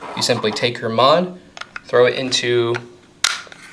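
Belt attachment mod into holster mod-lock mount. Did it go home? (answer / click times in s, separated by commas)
yes / 3.2 s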